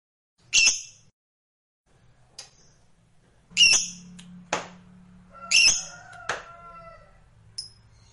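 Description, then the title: Lovebird producing a few scattered harsh squawks and short chips, separated by pauses, over a faint low hum. Sound played to stimulate a lazy lovebird that is reluctant to sing, so it becomes eager and spontaneously 'langsung narik' (sings at length). "LOVEBIRD Malas Bunyi JADI GREGET SPONTAN Langsung NARIK"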